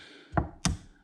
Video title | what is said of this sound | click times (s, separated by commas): How to fix a fuel leak on a Husqvarna chainsaw | right there it's clicked into place it's closed that linkage is all set and put back together | 0.7 s